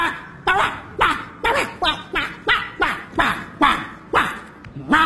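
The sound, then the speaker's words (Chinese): In a comedy sketch from the show 北京欢乐时光 2018 (Beijing Happy Time), a man's voice imitates a dog to talk to a dog, letting out about ten loud, rough barks in a steady rhythm of roughly two per second, each a short, sharp yap that drops in pitch. “那看见了吧，掌握一门外语是多么的重要。”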